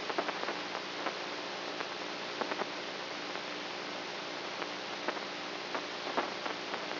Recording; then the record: brain microelectrode recording played as sound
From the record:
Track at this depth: inside the subthalamic nucleus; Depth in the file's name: 3.502 mm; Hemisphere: right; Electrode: 3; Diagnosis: Parkinson's disease